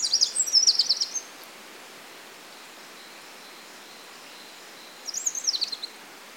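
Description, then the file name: Eurasian wren giving two short bursts of fast, high twittering separated by a long pause, with quiet hiss between them. "Troglodytes troglodytes"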